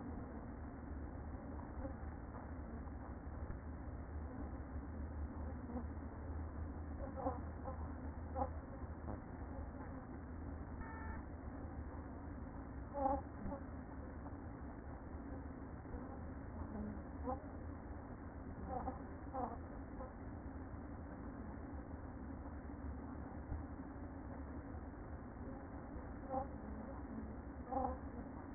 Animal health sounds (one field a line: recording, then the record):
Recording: honeybee colony, microphone inside the hive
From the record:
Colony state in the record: queen present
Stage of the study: after two queens were removed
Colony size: about 60,000 bees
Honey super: yes